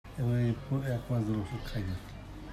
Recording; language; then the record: elicited speech; Bengali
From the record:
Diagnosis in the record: Broca's or global aphasia after a stroke